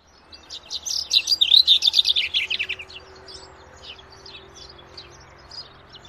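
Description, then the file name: Common chaffinch singing one quick, cascading phrase of sharp notes that drops in pitch over about two seconds, followed by faint scattered chirps. "chaffinch"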